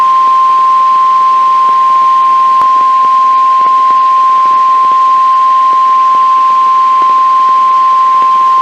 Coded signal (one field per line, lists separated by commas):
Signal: Emergency Alert System (SAME) tones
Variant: 1050 Hz attention tone